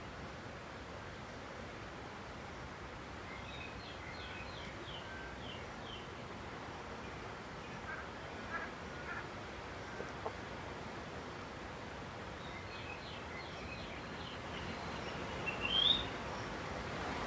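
Outdoor ambience recorded near Simonga, Zambia, with a steady low hiss and rustle throughout. Faint, quick chirping bird calls repeat in short bursts around four to six seconds and again near thirteen to fifteen, with a brief sharper call near sixteen seconds.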